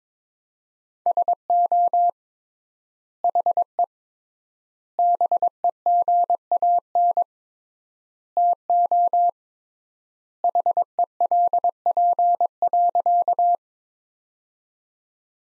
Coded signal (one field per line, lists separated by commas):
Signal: Morse code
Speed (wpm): 22 wpm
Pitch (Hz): 700 Hz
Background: none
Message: SO HE BEGAN TO HELP.